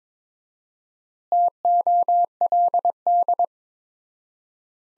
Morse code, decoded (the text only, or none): TOLD